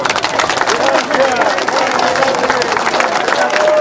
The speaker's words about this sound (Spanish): Y que sea de todo corazón recibido con un gran aplauso, hermanos.